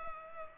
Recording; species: mosquito wingbeat signal from an infrared sensor; Culex pipiens